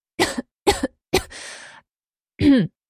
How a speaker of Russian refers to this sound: Откашливаюсь, прочищая горло.